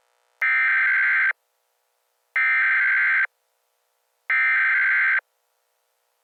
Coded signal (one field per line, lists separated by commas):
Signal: Emergency Alert System (SAME) tones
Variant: header bursts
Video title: SOFLV EAS teaser